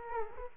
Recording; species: mosquito wingbeat signal from an infrared sensor; Aedes aegypti